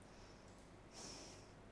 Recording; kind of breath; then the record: one breath in and out by a microphone near the nose and mouth; normal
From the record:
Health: marked as sick, illness not named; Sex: female